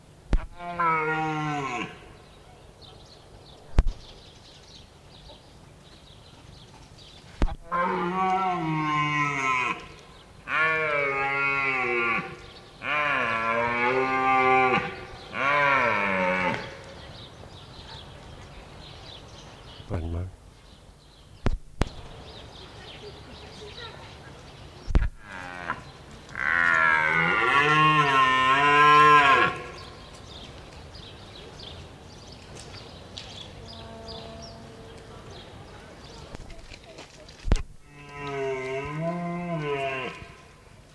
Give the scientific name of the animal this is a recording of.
Cervus elaphus